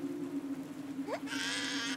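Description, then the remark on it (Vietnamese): A young child's cry breaks out at night, a rising squeal followed by a sustained, loud, high-pitched wail, over a steady low hum that runs throughout. “Bỗng dưng có tiếng khóc của một đứa trẻ con bắt đầu vang lên giữa màn đêm u tịch.”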